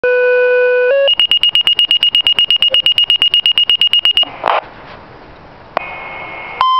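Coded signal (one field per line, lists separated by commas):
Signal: two-tone page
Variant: Motorola Minitor III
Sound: a buzzy low tone, a short higher tone, then about three seconds of rapid high beeps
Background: radio static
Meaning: The pager was activated by its two-tone call and is sounding its alert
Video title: Minitor 3 alert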